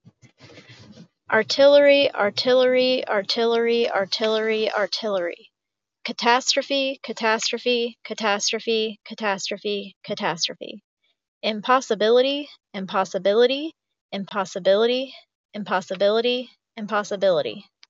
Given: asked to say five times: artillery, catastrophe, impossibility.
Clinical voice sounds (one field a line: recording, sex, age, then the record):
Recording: three words, each repeated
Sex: female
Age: 30 to 39 years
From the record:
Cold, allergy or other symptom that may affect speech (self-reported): no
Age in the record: 39 years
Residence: North Carolina, United States